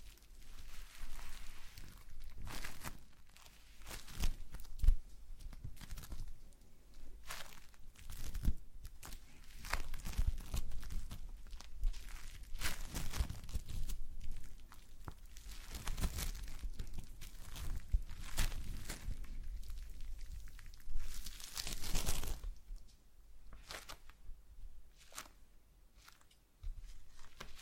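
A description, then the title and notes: Slime being squished and pulled, with irregular wet crackles and sticky tearing bursts every second or so, denser around the middle and quieter near the end. ASMR SLIME No Talking Satisfying slime Sounds.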